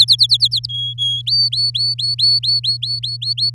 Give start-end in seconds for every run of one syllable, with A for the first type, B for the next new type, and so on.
0.00-0.66 A, 0.69-1.22 B, 1.26-3.50 C